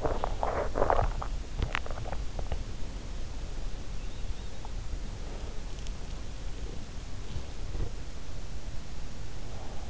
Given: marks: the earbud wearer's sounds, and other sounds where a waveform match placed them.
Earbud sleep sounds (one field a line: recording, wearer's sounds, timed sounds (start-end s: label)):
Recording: sounds in sleep by an in-ear microphone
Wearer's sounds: swallowing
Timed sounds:
0.00-2.68 s: swallowing